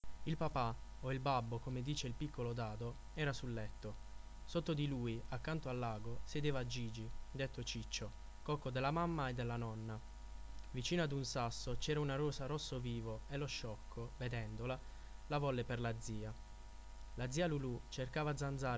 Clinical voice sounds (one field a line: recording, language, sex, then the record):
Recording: read passage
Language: Italian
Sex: male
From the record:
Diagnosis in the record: healthy control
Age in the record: 24 years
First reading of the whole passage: 44 s, 11.7 characters per second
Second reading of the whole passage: 43 s, 11.9 characters per second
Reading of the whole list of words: 49 s, 5.7 characters per second